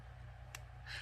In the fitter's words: It snaps shut. I love a good snap shut.